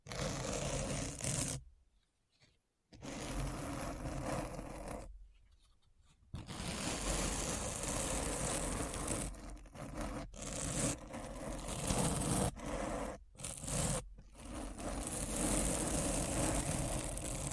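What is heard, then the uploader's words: Dense, rough scratching fills most of the clip, a thick grainy rasp with a low rumble underneath. It stops dead twice, near 2 and 5 seconds, for about a second each, then carries on with brief breaks around 10, 13 and 14 seconds. ASMR Deep Brain Scratch (No Talking).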